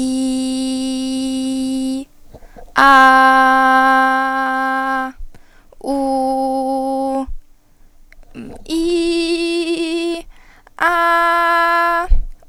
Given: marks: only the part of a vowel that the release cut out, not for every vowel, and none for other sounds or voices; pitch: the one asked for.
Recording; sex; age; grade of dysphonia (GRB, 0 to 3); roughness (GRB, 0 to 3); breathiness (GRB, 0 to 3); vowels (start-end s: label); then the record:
sustained vowels; female; 18 to 19 years; 0; 0; 0
0.00-1.86 s: vowel /i/, normal pitch
3.25-4.78 s: vowel /a/, normal pitch
5.91-7.00 s: vowel /u/, normal pitch
9.11-9.95 s: vowel /i/, high pitch
10.89-11.98 s: vowel /a/, high pitch
From the record:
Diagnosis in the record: healthy voice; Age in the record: 19 years